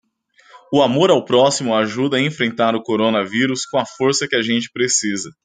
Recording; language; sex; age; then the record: spoken sentence; Brazilian Portuguese; male; 30 to 39 years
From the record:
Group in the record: control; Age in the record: 33 years